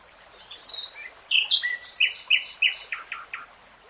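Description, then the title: Nightingale song: varied whistled phrases with a few bright, sharp notes, then a short series of repeated notes. Nightingale singing in real time. "[Tiếng chim hót] 3 Hours REALTIME Nightingale Singing"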